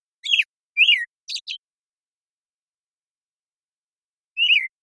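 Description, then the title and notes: American Robin song of rich slurred whistled phrases, four quick notes followed by a pause and one more downslurred phrase, background otherwise silent. Morning song recorded in the Pacific Northwest, Washington, United States, with a parabolic microphone; processed clean for clarity with natural pacing and rhythm kept; very long sequence. "American Robin Morning Song. American Robin, Turdus migratorius, morning song, very long sequence, parabolic recording. Recorded in the beautiful Pacific Northwest, Washington, United States"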